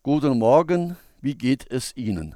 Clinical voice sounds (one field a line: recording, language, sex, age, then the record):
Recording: spoken sentence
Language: German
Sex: male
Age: 60 to 69 years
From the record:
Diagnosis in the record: healthy voice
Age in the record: 66 years